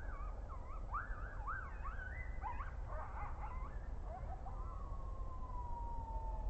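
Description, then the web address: Coyote group chorus: rapid wavering, bouncing yips and warbles from several animals, fading into one long slowly descending howl over low-frequency rumble. Coyotes recorded on an audio monitor at GRKO, 30 December 2009, 21:35. "rmaher audio monitor GRKO 20091230 2135 coyotes"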